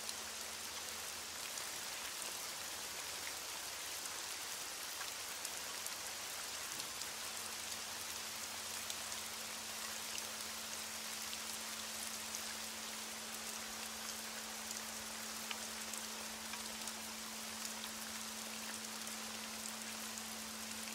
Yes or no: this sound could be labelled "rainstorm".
yes